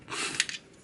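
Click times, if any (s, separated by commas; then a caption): 0.4 s. A plastic joint on a 2015 Transformers: Robots in Disguise Warrior Optimus Prime toy robot, likely the head or an adjoining joint, is moved up and down in its socket and pushed until it locks; if it falls back down, it should be clicked in further. A soft plastic rustle leads to a sharp click at 0.4 s, followed by a quieter tick just after. The joint clicks into place and is confirmed seated.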